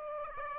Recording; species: mosquito wingbeat signal from an infrared sensor; Aedes aegypti